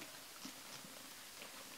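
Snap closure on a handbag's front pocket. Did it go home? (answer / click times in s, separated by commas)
no / none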